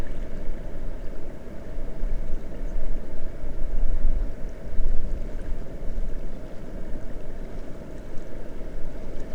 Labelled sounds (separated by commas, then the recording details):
grouse or ptarmigan, water
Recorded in the Prudhoe Bay oil fields, Alaska, on 22 May 2019 at 00:31
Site 21